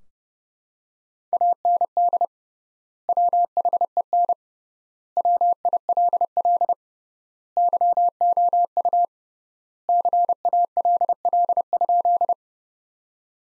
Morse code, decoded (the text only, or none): AND WHEN WILL YOU CALL?